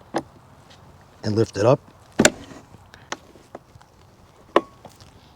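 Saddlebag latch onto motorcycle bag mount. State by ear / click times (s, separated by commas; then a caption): seated / 4.6 s. A motorcycle saddlebag is lifted off its mount and pushed back down while someone talks, with a few knocks and rattles along the way. The saddlebag latch clicks onto the bag mount at 4.6 s, catching the mounting piece, and the bag is seated and secure.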